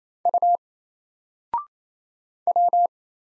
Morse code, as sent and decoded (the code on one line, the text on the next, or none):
..- / .--
U W